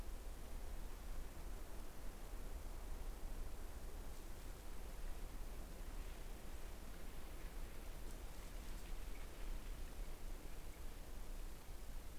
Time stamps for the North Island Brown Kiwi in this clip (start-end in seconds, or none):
none